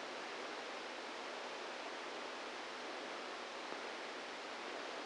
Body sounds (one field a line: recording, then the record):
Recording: brain microelectrode recording played as sound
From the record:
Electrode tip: inside the subthalamic nucleus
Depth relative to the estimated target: 0 mm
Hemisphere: right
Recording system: NeuroSet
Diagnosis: Parkinson's disease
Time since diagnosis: 27 years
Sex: male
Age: 62 years